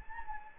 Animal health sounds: mosquito wingbeat signal from an infrared sensor; Anopheles gambiae

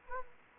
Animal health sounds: mosquito wingbeat signal from an infrared sensor; Anopheles gambiae

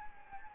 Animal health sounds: mosquito wingbeat signal from an infrared sensor; Anopheles gambiae

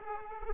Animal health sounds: mosquito wingbeat signal from an infrared sensor; Aedes aegypti

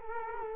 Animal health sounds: mosquito wingbeat signal from an infrared sensor; Culex quinquefasciatus

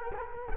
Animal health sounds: mosquito wingbeat signal from an infrared sensor; Culex quinquefasciatus

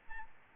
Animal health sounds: mosquito wingbeat signal from an infrared sensor; Aedes albopictus

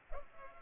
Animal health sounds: mosquito wingbeat signal from an infrared sensor; Culex pipiens

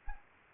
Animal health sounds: mosquito wingbeat signal from an infrared sensor; Anopheles arabiensis

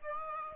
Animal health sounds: mosquito wingbeat signal from an infrared sensor; Aedes aegypti

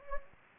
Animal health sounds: mosquito wingbeat signal from an infrared sensor; Anopheles gambiae

